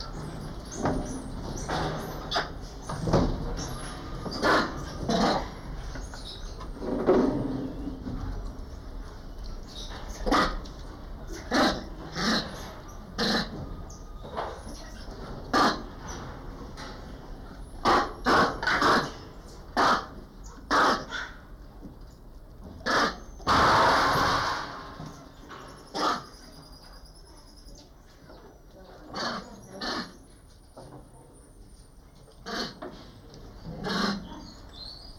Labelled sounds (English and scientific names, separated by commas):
Crab-eating Macaque (Macaca fascicularis) call